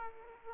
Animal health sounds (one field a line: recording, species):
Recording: mosquito wingbeat signal from an infrared sensor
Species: Aedes aegypti